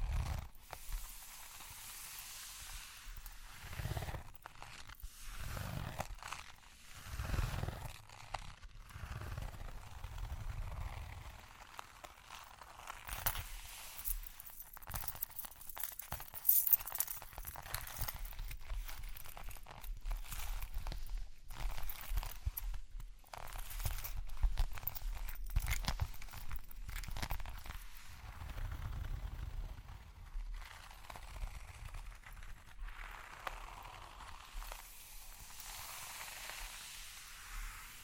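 Close-up tapping and scratching sounds, like ear cleaning, come in irregular bursts throughout, with soft crackles and crinkling textures. Low thumps recur every few seconds, and bright, brief jingling flecks appear now and then, especially around the middle.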